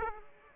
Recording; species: mosquito wingbeat signal from an infrared sensor; Aedes aegypti